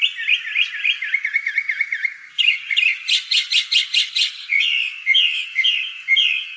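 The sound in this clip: Northern mockingbird delivering rapidly repeated phrases, starting with a string of dipping whistled notes, then a burst of loud chattery strokes and sliding calls.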